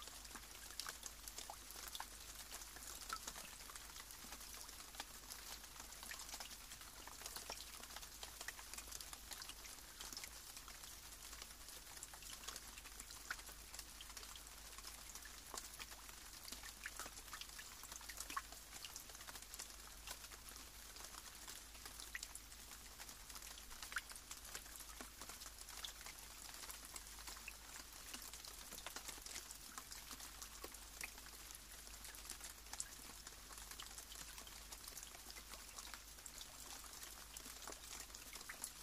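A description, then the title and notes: Rain falls steadily for the whole clip, a dense, even hiss concentrated in the bright upper range. Countless fine drops patter, with occasional sharper taps standing out, while the low end stays quiet and the level barely changes throughout. Serene Rain Sounds of Nature.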